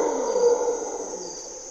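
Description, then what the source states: Mantled howler monkey roar, strong at first and then tapering off, against a steady whine of insects. Mantled howler monkeys (Monos Congos) waking the jungle at morning twilight, Parque Nacional Corcovado, Osa Peninsula, Costa Rica; grunts and calls.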